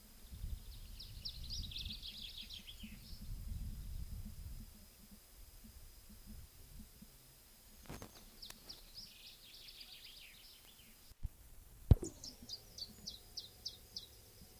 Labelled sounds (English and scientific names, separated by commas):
Iberian Chiffchaff (Phylloscopus ibericus) song